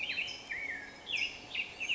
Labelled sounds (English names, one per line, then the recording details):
California Towhee
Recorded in Sonoma County, California